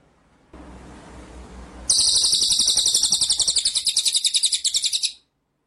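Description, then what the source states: White-rumped shama song: a loud, buzzy rolling trill of rapid pulses on two high bands, held steadily for about three seconds after a soft hiss, then stopping abruptly. Masteran training track of full 'ngerol' (rolling) and 'nembak' (shooting) song styles.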